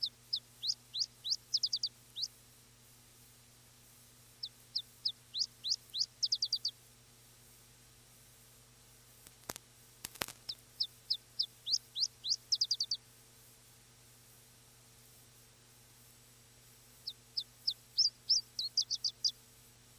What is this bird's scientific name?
Phylloscopus ibericus